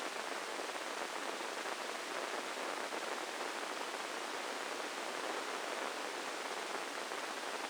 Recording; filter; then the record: brain microelectrode recording played as sound; spike band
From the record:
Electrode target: subthalamic nucleus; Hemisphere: left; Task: reaching with the right hand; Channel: 1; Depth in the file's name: 4.826 mm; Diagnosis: Parkinson's disease